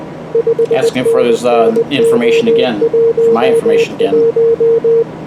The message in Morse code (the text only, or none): 5NN O11